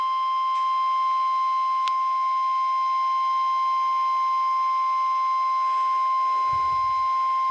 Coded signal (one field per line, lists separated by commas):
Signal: Emergency Alert System (SAME) tones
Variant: 1050 Hz attention tone